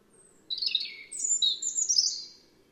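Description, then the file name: European robin delivering a thin high opening note, then a jumble of descending warbles and very high, glittering twitters. "Erithacus rubecula"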